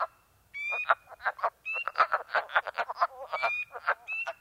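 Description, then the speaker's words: Wood frogs cackle in quick hoarse clucks, while thin rising piping notes from a second kind of frog cut through several times. Cackling chorus at a small woodland pool in New York State, April, at midnight; temperature plummeting, excitement muted by chilling air; a spring peeper trills and pipes nearby. "We sit before a small woodland pool full of cackling wood frogs, their excitement muted by the chilling air."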